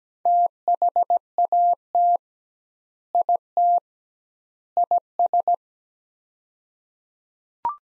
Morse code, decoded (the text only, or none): THAT IT IS